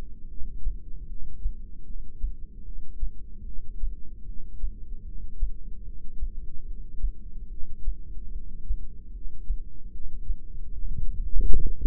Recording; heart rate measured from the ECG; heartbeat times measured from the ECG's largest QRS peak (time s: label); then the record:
heart sounds by microphone in the left ear; 75 bpm
0.28 s: heartbeat
1.08 s: heartbeat
1.86 s: heartbeat
2.65 s: heartbeat
3.45 s: heartbeat
4.26 s: heartbeat
5.05 s: heartbeat
5.85 s: heartbeat
6.66 s: heartbeat
7.49 s: heartbeat
8.32 s: heartbeat
9.13 s: heartbeat
9.92 s: heartbeat
10.71 s: heartbeat
11.47 s: heartbeat
From the record:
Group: heart failure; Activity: rest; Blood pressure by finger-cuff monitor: 167/108 mmHg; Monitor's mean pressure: 130 mmHg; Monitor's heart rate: 75 bpm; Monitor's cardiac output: 7.7 L/min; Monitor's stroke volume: 103 mL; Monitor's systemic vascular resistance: 1270 dyn s/cm5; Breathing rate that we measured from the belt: 16 breaths a minute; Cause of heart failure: non-ischemic cardiomyopathy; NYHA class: 1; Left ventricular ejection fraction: 62%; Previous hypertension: present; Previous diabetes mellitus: present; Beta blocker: bisoprolol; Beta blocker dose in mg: 10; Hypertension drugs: sacubitril-valsartan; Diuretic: furosemide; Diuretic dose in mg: 20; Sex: male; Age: 49 years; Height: 167 cm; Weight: 110 kg